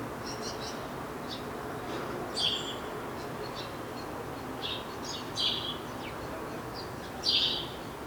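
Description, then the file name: House sparrow uttering scattered bright chirps, a few louder ones among softer notes, over a quiet hissy background. "Passer domesticus"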